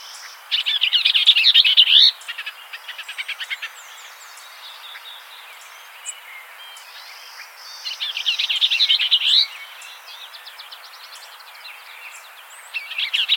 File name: Vireo bellii - Bell's Vireo